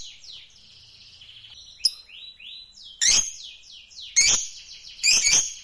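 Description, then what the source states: Lovebird calls: a run of quick downslurred squeaky whistles, then three loud harsh raspy bursts about a second apart. Fighter-type lovebird, gacor (singing energetically).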